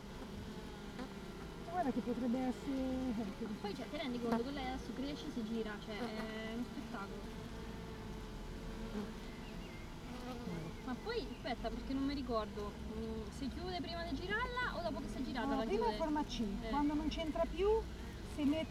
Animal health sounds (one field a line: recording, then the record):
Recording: honeybee colony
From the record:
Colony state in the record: missing queen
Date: 31 May 2018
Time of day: 16:13